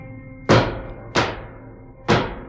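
Three heavy, booming footfalls of a woman hurrying up the staircase of a house thud one after another in quick, slightly uneven succession, making the whole house shake. Each impact is loud and resonant, with no voices.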